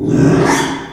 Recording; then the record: squeal of a Yucatan mini pig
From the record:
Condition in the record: after surgery on the right vocal fold (resection and tissue-engineered implant); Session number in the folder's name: 3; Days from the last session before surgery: 33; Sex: male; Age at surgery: 12 weeks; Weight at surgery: 13 kg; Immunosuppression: cyclosporine, prednisolone